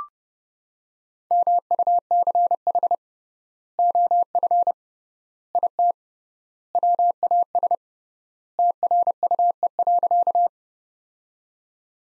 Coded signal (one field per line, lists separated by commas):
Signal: Morse code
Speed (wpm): 30 wpm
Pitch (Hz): 700 Hz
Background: none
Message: MUCH OF IT WAS TRUE.